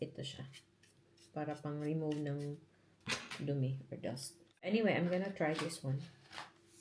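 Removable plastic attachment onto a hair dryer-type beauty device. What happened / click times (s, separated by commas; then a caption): The attachment is handled but not yet clicked home / none. A removable plastic attachment or cover for a hair dryer-type beauty device is handled while someone talks. The part is meant to click and lock onto the device, but nothing has seated or clicked yet. A brief sharp sound occurs at about 6.4 s.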